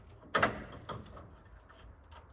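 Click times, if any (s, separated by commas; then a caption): 0.4 s. A fuel line fitting is slid over the outlet of the fuel filter on a Ford F350 and locks into place with a sharp click at 0.4 s. A softer click follows at about 0.9 s, and then it goes quiet. The fitting is seated on the filter.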